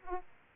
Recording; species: mosquito wingbeat signal from an infrared sensor; Aedes aegypti